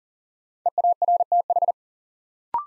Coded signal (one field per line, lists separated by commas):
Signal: Morse code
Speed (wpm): 40 wpm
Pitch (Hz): 700 Hz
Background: none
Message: EARTH